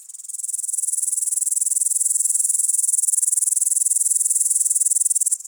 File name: Upland Green Bush cricket Tettigonia cantans